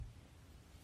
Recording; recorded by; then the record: voluntary cough; messaging app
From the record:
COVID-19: negative